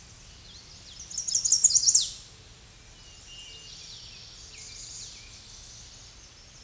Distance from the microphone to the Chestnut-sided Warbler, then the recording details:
about 10 m. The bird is about 10 m above the microphone. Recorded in a Pennsylvania forest on 16 May 2024 at 07:44. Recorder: AudioMoth, point MSD-2074. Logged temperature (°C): 16.3 °C. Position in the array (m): 167 m, 207 m